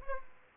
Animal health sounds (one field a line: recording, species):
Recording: mosquito wingbeat signal from an infrared sensor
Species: Aedes aegypti